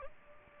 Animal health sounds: mosquito wingbeat signal from an infrared sensor; Aedes aegypti

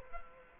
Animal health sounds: mosquito wingbeat signal from an infrared sensor; Culex quinquefasciatus

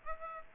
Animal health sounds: mosquito wingbeat signal from an infrared sensor; Aedes aegypti

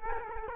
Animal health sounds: mosquito wingbeat signal from an infrared sensor; Culex quinquefasciatus

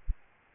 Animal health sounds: mosquito wingbeat signal from an infrared sensor; Aedes albopictus

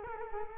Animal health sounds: mosquito wingbeat signal from an infrared sensor; Culex quinquefasciatus

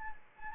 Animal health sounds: mosquito wingbeat signal from an infrared sensor; Anopheles gambiae

